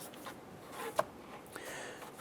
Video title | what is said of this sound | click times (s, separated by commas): How to Replace Left CV Axle Assembly 2007-2012 Nissan Versa | once those three points of contact are locked in the bottom this here | 1.0 s